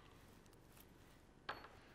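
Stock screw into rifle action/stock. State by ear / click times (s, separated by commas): torque reached / 1.5 s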